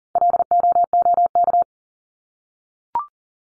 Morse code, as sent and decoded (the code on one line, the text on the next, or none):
.-.. --- --- -.-
LOOK